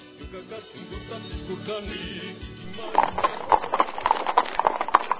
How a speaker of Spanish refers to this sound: Con un performance se dio la inauguración de la exposición. Se escuchó el sonido de las pezuñas de dos caballos que entraban en la sala Osvaldo Guayasamín, cargados de dos televisiones LCD y que emitían el contenido de realidad política